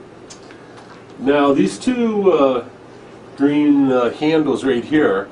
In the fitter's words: when you're done you simply put this in like so and it clicks are in place